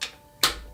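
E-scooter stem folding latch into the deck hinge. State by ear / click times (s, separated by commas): seated / 0.4 s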